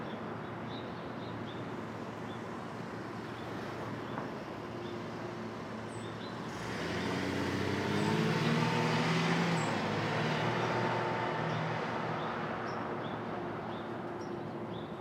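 Street traffic at dawn hums steadily, swelling as a vehicle passes between seconds seven and eleven, with faint bird chirps scattered above.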